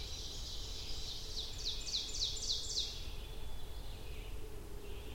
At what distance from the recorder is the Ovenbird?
about 45 m